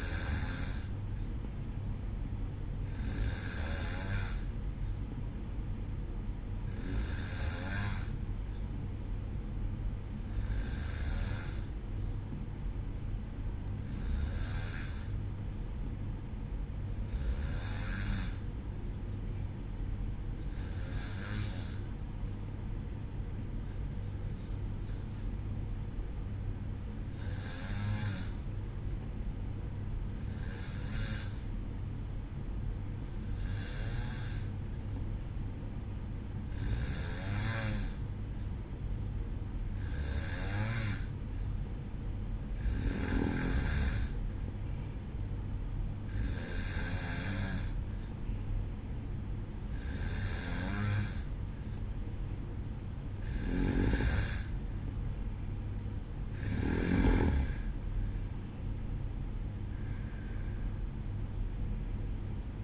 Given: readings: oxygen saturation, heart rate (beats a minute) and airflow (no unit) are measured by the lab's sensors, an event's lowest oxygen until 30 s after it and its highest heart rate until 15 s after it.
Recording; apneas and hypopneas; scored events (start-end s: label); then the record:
breathing in sleep by a smartphone at the bedside; 1
18.00-55.60 s: hypopnea (N1, oxygen 93% highest, then 92% lowest, heart rate 55 at the start, 61 highest)
From the record:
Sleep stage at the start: N1 (lightest sleep); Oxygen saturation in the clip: 92 to 93%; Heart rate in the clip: 54 to 61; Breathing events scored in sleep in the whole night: 305 in 9.6 hours asleep